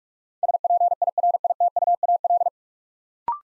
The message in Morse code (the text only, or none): SPIRITUAL